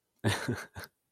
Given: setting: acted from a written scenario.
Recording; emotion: vocal sound without words; amusement